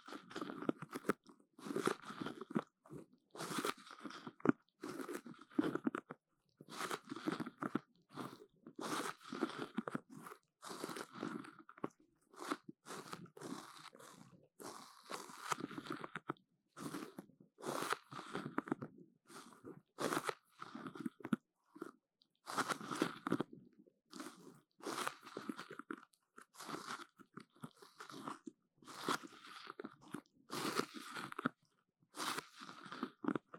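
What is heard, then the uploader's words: Sticky sounds: a rapid, irregular run of crunching, squelching bursts, like something being chewed or pulled apart, packed close together with short gaps. The bursts stay busy and bright throughout, with a brief lull around twenty-one seconds before resuming. 黏答答的聲音 | Sticky Sounds. No Talking.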